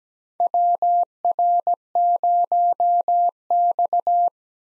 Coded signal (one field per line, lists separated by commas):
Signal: Morse code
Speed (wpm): 17 wpm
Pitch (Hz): 700 Hz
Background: none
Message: WR0X